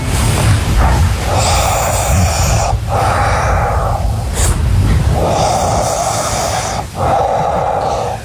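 Slow, heavy, hollow, echoey breaths in sleep, about 12 a minute and evenly timed: loud nasal breathing with the mouth closed, not snoring, sounding like Darth Vader, a vacuum cleaner or a CPAP machine, in an adult.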